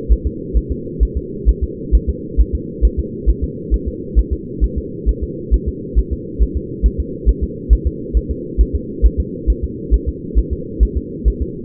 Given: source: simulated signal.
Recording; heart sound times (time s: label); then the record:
fetal heart sounds
0.12 s: S1
0.27 s: S2
0.57 s: S1
0.72 s: S2
1.03 s: S1
1.17 s: S2
1.49 s: S1
1.63 s: S2
1.95 s: S1
2.09 s: S2
2.40 s: S1
2.55 s: S2
2.85 s: S1
2.99 s: S2
3.30 s: S1
3.44 s: S2
3.74 s: S1
3.88 s: S2
4.19 s: S1
4.33 s: S2
4.64 s: S1
4.78 s: S2
5.09 s: S1
5.23 s: S2
5.54 s: S1
5.68 s: S2
5.99 s: S1
6.13 s: S2
6.43 s: S1
6.57 s: S2
6.86 s: S1
7.00 s: S2
7.29 s: S1
7.43 s: S2
7.73 s: S1
7.87 s: S2
8.17 s: S1
8.31 s: S2
8.61 s: S1
8.75 s: S2
9.06 s: S1
9.20 s: S2
9.50 s: S1
9.64 s: S2
9.94 s: S1
10.08 s: S2
10.39 s: S1
10.53 s: S2
10.83 s: S1
10.97 s: S2
11.28 s: S1
11.42 s: S2
From the record:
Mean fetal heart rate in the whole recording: 135 bpm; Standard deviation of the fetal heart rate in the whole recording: 3 bpm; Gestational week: 34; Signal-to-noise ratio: -4.1 dB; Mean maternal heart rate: no maternal heart sound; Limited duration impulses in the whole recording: absent